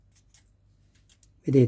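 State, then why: Not seated. On a DeAgostini 1:4 scale Yamaha YZR M1 model motorcycle (gear shift lever group, issue 54), the shift lever part is moved by hand, and only faint small ticks are heard around 0.4, 1.0 and 1.2 s before someone talks at the end. Slight friction on the lever stops it from clicking and springing back on its own, so nothing has clicked.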